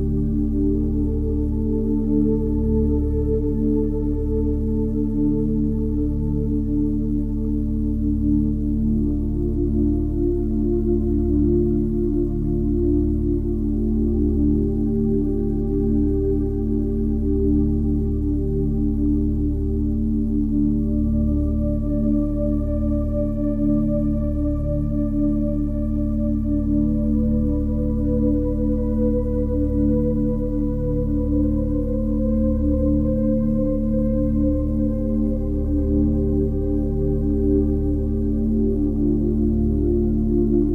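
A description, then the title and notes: Deep, subtle low tones hum steadily throughout, with a soft rhythmic pulsing in the bass that repeats about every second. Above them, sustained mellow tones drift slowly in pitch, like a singing bowl's ring, and the loudness never changes. Deep Sleep Tones (Binaural Sleep Music). Subtle low frequencies.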